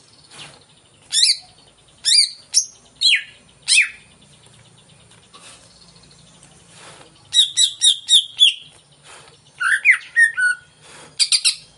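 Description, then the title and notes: Greater green leafbird song: spaced sharp downslurred whistles, then quick clustered bursts of chattering notes after a short pause, ending in rapid bright phrases. Pancingan (lure) song played to prompt a caged cucak ijo to sing before it is hung up; the bird is described as gacor. "Pancingan CUCAK IJO Mau Di Gantang. Cucak Ijo Gacor"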